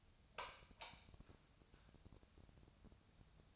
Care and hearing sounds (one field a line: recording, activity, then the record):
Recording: daily activity, microphone in the room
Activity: light on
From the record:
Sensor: 2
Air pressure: 999.9 hPa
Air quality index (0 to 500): 118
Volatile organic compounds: 2 ppm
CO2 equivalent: 1017 ppm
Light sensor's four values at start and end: 30/76/32/36 and 35/92/39/42